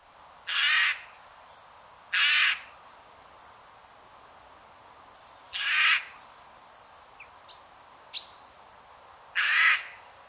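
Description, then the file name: Eurasian Jay calling with repeated harsh, raspy screeches at uneven intervals, with a few faint thin chirps from another bird between them. "Garrulus glandarius"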